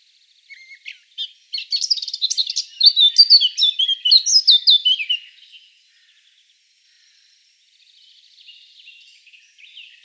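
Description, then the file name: Eurasian blackcap song: a few soft scratchy notes, then a loud, fast, varied warble of high whistled and chattering notes lasting about four seconds, with faint twittering afterwards. "Sylvia atricapilla"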